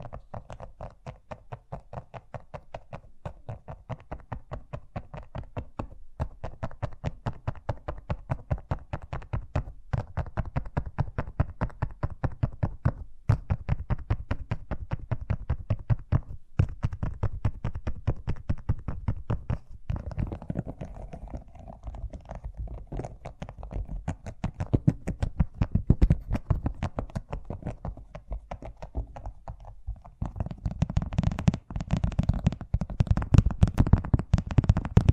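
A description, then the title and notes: Fast tapping runs without a break for the whole stretch, a dense, rapid stream of short knocks with a low, thumping body. Around twenty seconds the hits grow stronger and more uneven, and near thirty-one seconds they turn louder and brighter still. ASMR Braingasm Inducing Fast Tapping (No Talking).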